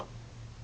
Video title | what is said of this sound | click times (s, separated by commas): SP4 - Instructions | So that will snap the cover closed on both sides. | 0.0 s